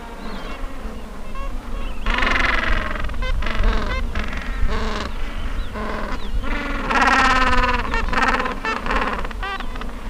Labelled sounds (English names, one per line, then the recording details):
Gentoo Penguin
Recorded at the colony at Sea Lion Island, on 19 December 2014
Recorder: Song Meter SM2+